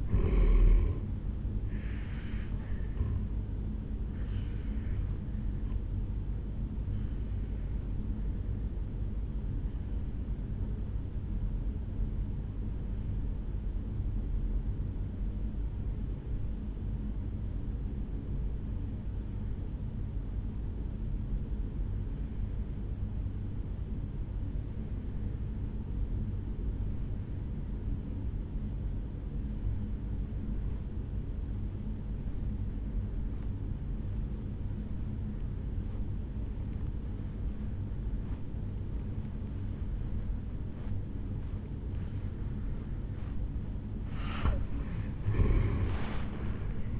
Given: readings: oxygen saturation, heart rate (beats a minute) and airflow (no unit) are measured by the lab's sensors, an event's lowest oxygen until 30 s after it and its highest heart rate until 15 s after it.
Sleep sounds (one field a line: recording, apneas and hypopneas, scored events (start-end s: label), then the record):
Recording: breathing in sleep by a smartphone at the bedside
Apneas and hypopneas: 1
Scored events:
8.00-38.00 s: new sleep stage, N2 (light sleep)
11.00-42.30 s: obstructive apnea (N2, oxygen 96% highest, then 83% lowest, heart rate 58 at the start, 76 highest)
38.00-47.00 s: new sleep stage, N1 (lightest sleep)
From the record:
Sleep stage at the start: N1 (lightest sleep)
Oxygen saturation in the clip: 84 to 96%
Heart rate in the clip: 55 to 74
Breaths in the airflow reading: 4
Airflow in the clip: -9.6 to 5.6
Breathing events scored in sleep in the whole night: 449 in 7.0 hours asleep